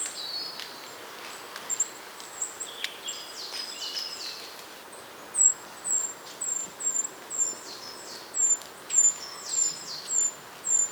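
Treecreeper giving very high, thin, sibilant notes, first scattered with short downslurred phrases, then repeated roughly twice a second in a steady series.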